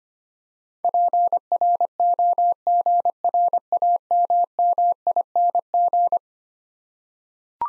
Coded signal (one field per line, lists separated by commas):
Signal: Morse code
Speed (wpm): 25 wpm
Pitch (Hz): 700 Hz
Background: none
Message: PROGRAMMING